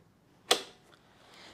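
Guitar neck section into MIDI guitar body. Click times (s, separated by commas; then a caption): 0.5 s. The neck piece of a two-part plastic Aeroband MIDI guitar is pushed into the designated hole in the body and snaps in with one sharp, bright click at 0.5 s, followed by a faint tick near 0.9 s. The neck is seated and installed.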